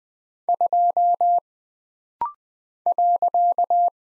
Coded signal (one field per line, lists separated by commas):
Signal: Morse code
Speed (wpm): 20 wpm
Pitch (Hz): 700 Hz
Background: none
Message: 2 .